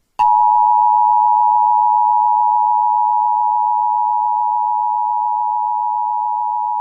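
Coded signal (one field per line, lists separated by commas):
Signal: Emergency Alert System (SAME) tones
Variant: 853 and 960 Hz attention tone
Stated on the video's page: Real valid EAS severe thunderstorm and flash flood warnings for Laredo, Texas, captured from local FM stations.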